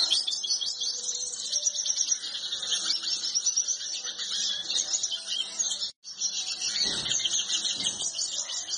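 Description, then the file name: Yellow-bellied siskin giving a long, busy twittering song of high chirps and trills, with a brief cut near the six-second mark and soft low thuds. "canto do pintassilgo de barriga amarela"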